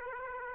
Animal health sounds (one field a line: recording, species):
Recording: mosquito wingbeat signal from an infrared sensor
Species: Aedes aegypti